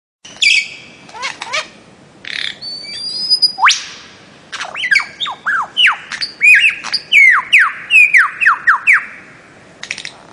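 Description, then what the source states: Bird-of-paradise song: harsh squawks and buzzy notes, then a long run of loud, downslurred, ringing calls, ending in clipped chips. Master song used for training songbirds.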